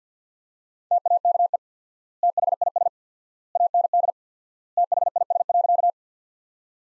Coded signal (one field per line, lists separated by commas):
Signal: Morse code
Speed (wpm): 50 wpm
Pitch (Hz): 700 Hz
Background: none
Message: TAKE THIS AND THIS.